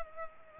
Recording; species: mosquito wingbeat signal from an infrared sensor; Culex pipiens